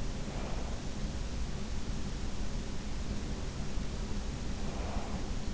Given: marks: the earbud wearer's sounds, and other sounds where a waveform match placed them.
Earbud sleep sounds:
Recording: sounds in sleep by an in-ear microphone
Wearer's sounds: breath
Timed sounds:
0.06-1.06 s: breath
4.64-5.54 s: breath

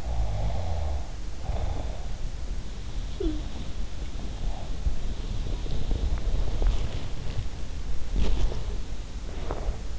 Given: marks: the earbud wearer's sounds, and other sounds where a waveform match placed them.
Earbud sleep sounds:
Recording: sounds in sleep by an in-ear microphone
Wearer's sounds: snoring breath, breath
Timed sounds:
0.00-2.39 s: snoring breath
3.01-9.35 s: sound from someone else or the room
9.37-9.99 s: breath

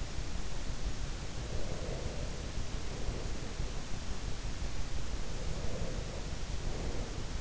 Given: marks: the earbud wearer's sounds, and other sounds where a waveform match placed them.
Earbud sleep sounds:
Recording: sounds in sleep by an in-ear microphone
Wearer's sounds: breath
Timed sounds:
1.32-3.74 s: breath
5.26-7.30 s: breath

